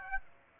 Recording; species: mosquito wingbeat signal from an infrared sensor; Aedes aegypti